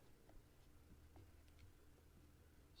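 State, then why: Not seated. A quick-detach quiver mount is slid onto a crossbow bracket by hand before its lever is flipped to lock it. Only quiet sliding and handling sounds are heard over a low steady hum. Nothing has seated or clicked yet.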